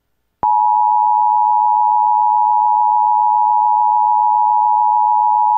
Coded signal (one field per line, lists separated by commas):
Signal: Emergency Alert System (SAME) tones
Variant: 853 and 960 Hz attention tone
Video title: NorCal and CenCal Monthly and Weekly Tests (EAS #13522-13548) 10/10/23